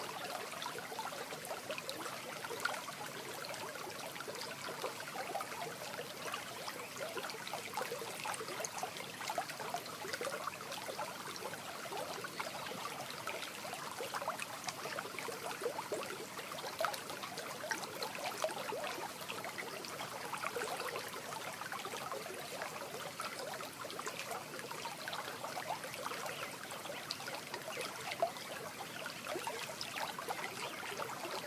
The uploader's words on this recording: Morning Stream.